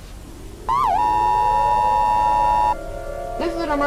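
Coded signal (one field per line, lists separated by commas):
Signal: Emergency Alert System (SAME) tones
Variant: 853 and 960 Hz attention tone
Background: speech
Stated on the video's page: Simulated EAS scenario.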